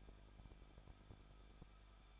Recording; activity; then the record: daily activity, microphone in the room; no activity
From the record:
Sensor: 5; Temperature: 20.8 degrees Celsius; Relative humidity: 38.3%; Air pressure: 1006.6 hPa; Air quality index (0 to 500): 186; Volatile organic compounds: 17 ppm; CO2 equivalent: 2597 ppm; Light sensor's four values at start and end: 2/3/1/1 and 2/3/1/1